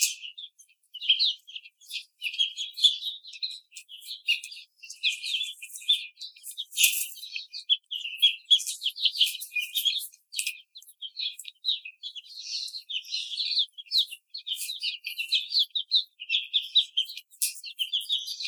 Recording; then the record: young laying hens in a cage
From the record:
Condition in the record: treatment cage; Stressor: simulated dog barking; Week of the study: 5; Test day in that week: 1